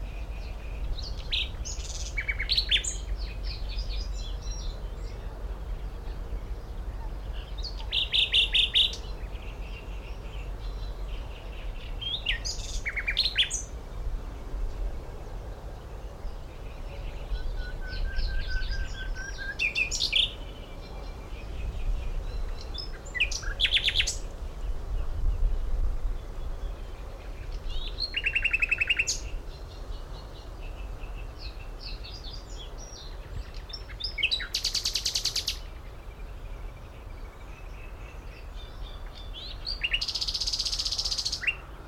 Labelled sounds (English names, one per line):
Great Reed Warbler